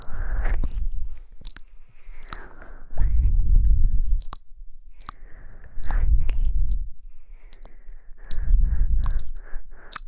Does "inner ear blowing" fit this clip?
yes